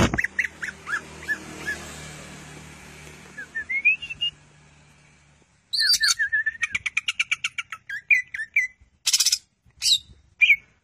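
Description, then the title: Greater green leafbird song: scattered short whistles over a faint hiss, then a rising whistle and a fast run of chattering, buzzy notes with sharp clicks. Champion singer with lively, constant song, used as a master song for training other birds. "Cucak Ijo Juara Suara Kicau Cucak Ijo Gacor Masteran Cucak Hijau"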